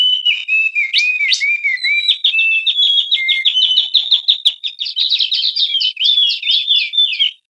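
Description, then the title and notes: Bird song: clear whistled notes with looping slurs, shifting into a long run of rapid chips and twittering trills toward the end. Bird song described as having a melodious voice. "ND Burung. Nada Dering Burung Dengan Suara Merdu"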